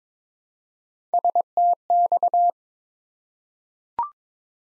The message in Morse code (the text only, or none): STX